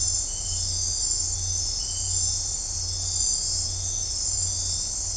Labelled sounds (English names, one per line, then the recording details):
none
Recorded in dense forest near Puerto Asís, Putumayo, Colombia, on 15 December 2024 at 00:00
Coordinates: 0.503, -76.323
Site G043